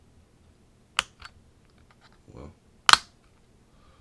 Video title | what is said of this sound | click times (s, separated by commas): How to upgrade your laptops RAM | all you have to do is just push it back you'll hear a click | 1.0 s